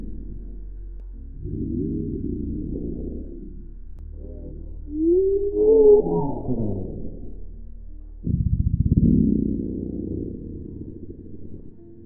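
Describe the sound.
Whale calls: low groaning moans with an arching, wavering cry in the middle, followed by a rough, buzzing rumble.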